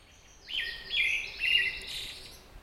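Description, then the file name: Pale thrush delivering a single song phrase of three fluty whistled notes with thin, high-pitched notes layered above, against a quiet hissing background. "thrush-pale -Turdus-pallidus"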